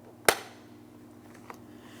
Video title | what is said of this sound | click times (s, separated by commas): How to Replace Rear Power Window Switches 2004-2008 Pontiac Grand Prix | We're going to press it in and listen for an audible click. | 0.3 s